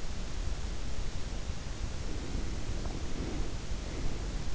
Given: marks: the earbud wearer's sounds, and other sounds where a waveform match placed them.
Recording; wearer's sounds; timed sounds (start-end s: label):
sounds in sleep by an in-ear microphone; breath
1.99-4.33 s: breath